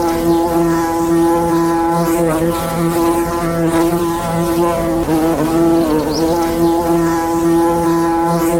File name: Ape (Apis mellifera)